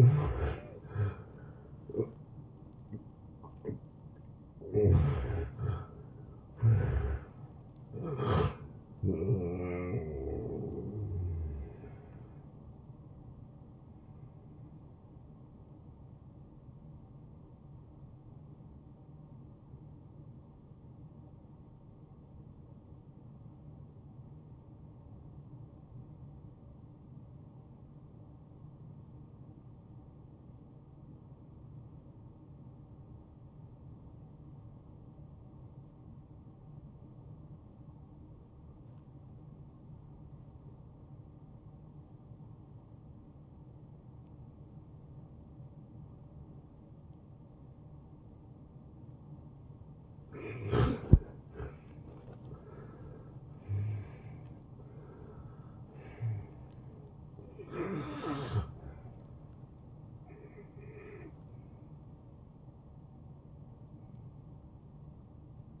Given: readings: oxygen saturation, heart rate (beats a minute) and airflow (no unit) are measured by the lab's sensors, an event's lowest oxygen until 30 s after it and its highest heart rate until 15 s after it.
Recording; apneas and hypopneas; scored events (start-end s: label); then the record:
breathing in sleep by a smartphone at the bedside; 1
22.00-50.70 s: obstructive apnea (N1, oxygen 95% highest, then 85% lowest)
From the record:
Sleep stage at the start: N1 (lightest sleep); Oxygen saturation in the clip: 76 to 95%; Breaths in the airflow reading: 8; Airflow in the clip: -19.1 to 11.2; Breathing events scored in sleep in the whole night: 263 in 5.5 hours asleep